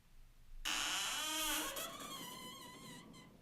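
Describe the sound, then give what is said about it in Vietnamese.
An old wooden room door, long weathered by wind and sun and never repaired, is pushed open by hand and creaks with one long, shrill, wavering groan that starts abruptly, slides up and down in pitch for about two and a half seconds, then stops. “Nó rít lên một tiếng cót két nghe đến rợn cả người.”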